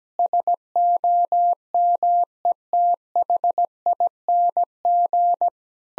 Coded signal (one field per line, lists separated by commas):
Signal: Morse code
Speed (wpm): 17 wpm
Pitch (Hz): 700 Hz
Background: none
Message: SOMETHING